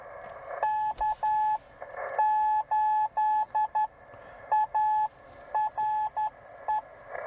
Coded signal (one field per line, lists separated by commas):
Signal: Morse code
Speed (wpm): 12 wpm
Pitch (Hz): 860 Hz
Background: none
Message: K8ARE